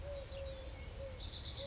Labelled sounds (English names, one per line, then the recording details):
Eurasian Collared Dove
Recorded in Sonoma County, California